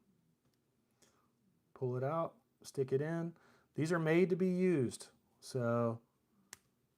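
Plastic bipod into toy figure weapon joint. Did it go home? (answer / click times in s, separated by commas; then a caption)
yes / 6.5 s. A plastic bipod accessory for a small plastic action figure weapon is pushed into its joint on the gun and snaps into place. Someone talks from about 1.8 s to 6.0 s, followed by a single short, sharp snap at 6.5 s, confirming the bipod has seated with a snap-on connection.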